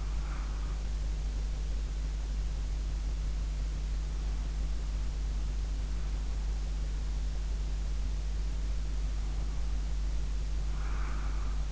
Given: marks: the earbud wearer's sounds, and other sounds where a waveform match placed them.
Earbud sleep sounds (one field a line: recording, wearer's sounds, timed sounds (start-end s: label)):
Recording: sounds in sleep by an in-ear microphone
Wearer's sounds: breath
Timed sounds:
0.00-0.80 s: breath
8.74-11.72 s: breath